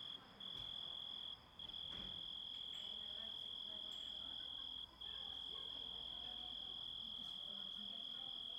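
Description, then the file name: Grasshopper making a sustained high, thin tone, broken by three brief gaps early and midway, then running steadily to the end. Composite recording of grasshopper sounds. "engisprettur samsett hljo rit"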